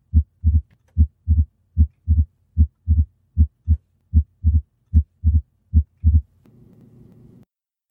S2 splitting occurs as a result of inspiration. Once the patient inhales, more blood enters the right heart, then the closure of the pulmonic valve is delayed.